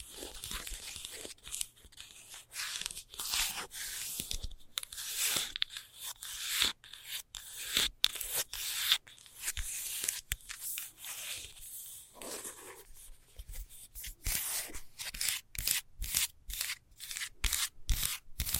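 Fast scratching, a rapid run of hissy, bright strokes packed closely together across the whole stretch. The rubbing, sanding texture comes in bursts with brief gaps, speeding into a tighter, more regular rhythm of sharp strokes over the last few seconds.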